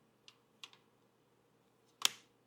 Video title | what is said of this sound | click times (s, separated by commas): Nintendo Switch 2 Is Here! - Nintendo Switch 2 Unboxing and First Look | Just clips right on. | 2.1 s